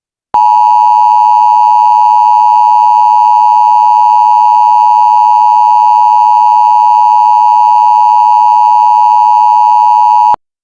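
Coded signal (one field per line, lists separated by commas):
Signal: Emergency Alert System (SAME) tones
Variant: 853 and 960 Hz attention tone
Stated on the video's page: Fictional EAS alert made by a fan, inspired by a game, depicting a power plant core meltdown.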